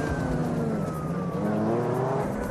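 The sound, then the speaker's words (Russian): A car engine roars steadily at speed in a chase as the car drives onto a sidewalk, its pitch sliding and rising as it revs hard, with a constant loud rumble and no voices. “Дэвид коровы. И Олли въезжают на тротуар”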